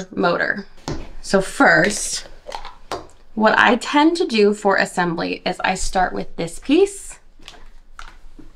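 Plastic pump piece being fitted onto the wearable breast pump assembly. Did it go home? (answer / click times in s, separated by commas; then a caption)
no / none. Someone talks while picking up the first plastic flange/housing piece of a wearable breast pump and lining it up at the bottom before pressing it on. Only small plastic handling knocks are heard, around 2.6 s, 2.9 s, 7.5 s, 8.0 s and 8.1 s. Nothing has seated or clicked yet.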